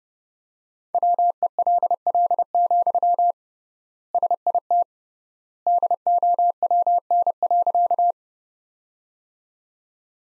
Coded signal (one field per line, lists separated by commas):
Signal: Morse code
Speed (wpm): 30 wpm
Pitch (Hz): 700 Hz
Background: none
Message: WELL, SIT DOWN.